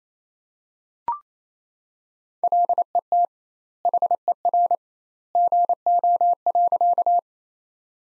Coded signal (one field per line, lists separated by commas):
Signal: Morse code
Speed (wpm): 28 wpm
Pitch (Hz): 700 Hz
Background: none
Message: LET HER GO.